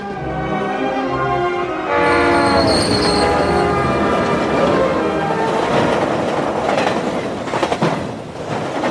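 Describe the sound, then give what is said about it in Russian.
A passenger train rolls steadily along the rails past fields, bushes and trees with a loud, continuous rumble, a sustained horn-like tone at the start, brief high wheel squeals, and rattling clacks toward the end. No one speaks. “За окном поезда поля, кусты, деревья.”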